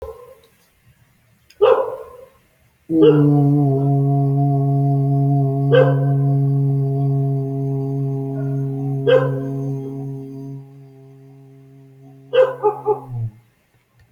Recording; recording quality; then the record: sustained vowel as in boot; moderate, slight background noise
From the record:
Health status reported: healthy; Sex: male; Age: 24 years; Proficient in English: yes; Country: India